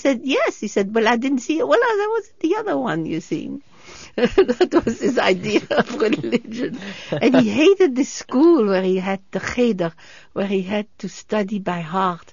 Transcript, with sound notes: He said, "Yes." He said, "Well, I didn't see you." "Well, I was at the other one, you see." ( she laughs ) That was his idea of religion. And he hated the school where he had the Kheder, where he had to study by heart.